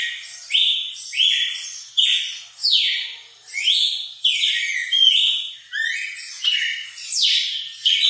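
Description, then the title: Red-cowled cardinal singing a rapid series of clear whistled notes, some rising and some falling, repeated roughly every 0.7 seconds without pause. Female song, used to stimulate and excite a male bird. "Canto Galo Campina Fêmea. ESQUENTAR SEU GALO CAMPINA"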